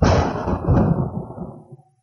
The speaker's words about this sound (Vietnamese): Hàng nghìn tia sét như những sợi chỉ vàng xẹt qua mây đen rồi đánh xuống, kèm theo những tiếng sấm nổ đùng đùng.